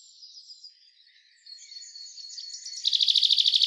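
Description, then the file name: Common chaffinch calls: faint, thin, high notes at first, then a loud, rapid, buzzy rattle of quickly repeated notes in the final second. "Fringilla coelebs"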